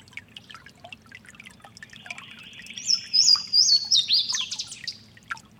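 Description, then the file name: Louisiana waterthrush song: a few loud clear downslurred whistles followed by a quick falling chatter, with a creek rushing steadily beneath. Giant City Creek, March 29. "LAna Waterthrush Giant City Creek March 29 th"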